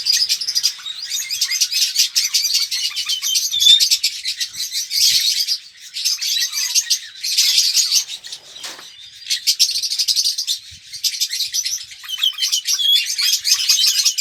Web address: pevcii popugai. parrots psephotus-haematonotus